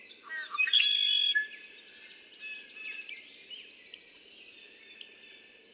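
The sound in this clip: Red-winged blackbird song opening with a gurgled note and buzzy trill, then paired high chips recurring roughly every second.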